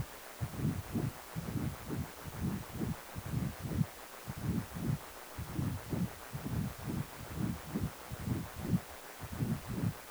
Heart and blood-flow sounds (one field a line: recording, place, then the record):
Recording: Doppler ultrasound of blood flow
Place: precordium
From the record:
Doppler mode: continuous wave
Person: healthy adult, 18 to 50 years, no heart murmur, not diving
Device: 2.5 MHz transducer